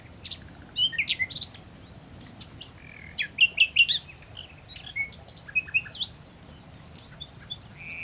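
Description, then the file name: Common nightingale song in short, varied bursts of chirps, trills and rattled notes, with quieter gaps between phrases. "Luscinia megarhynchos"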